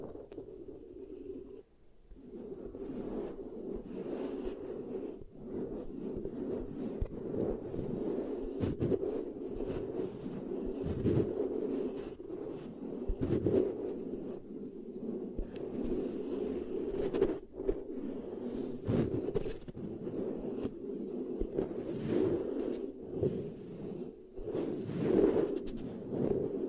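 Beeswax is pressed, rubbed and scraped in a steady, dense stream of soft squishing and crinkling with a low, muffled body. Sharper bright scrapes and crackles break through every few seconds, and a brief near-silent gap falls about two seconds in.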